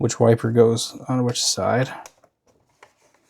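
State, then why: Seated. Someone talks for about two seconds, then a small plastic windshield wiper accessory is pressed into its hole on a hard plastic Injora RC Jeep body for a TRX-4M. A sharp snap is heard at 2.8 s, with faint ticks around it, and the wiper is seated in the body.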